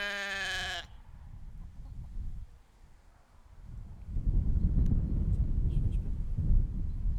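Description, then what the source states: Sheep bleat at the very start, a short wavering cry, then only low rumbling background noise. Recorded outdoors.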